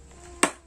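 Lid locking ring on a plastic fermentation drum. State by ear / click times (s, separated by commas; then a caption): seated / 0.4 s. The clamp or locking ring on a plastic fermentation drum lid is locked shut after bran has been packed and pressed down inside, ready for the drum to be stored. Over a steady low hum, a single sharp, bright click sounds at 0.4 s and fades quickly. The ring clicks and seats shut.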